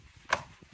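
While reinstalling the clock spring in the steering column of a 2008-2016 Chevrolet Cruze, the clock spring connector lock is clamped down by hand. A single sharp, short snap sounds at 0.3 seconds over quiet low rustling. The connector lock is seated and locked back into place.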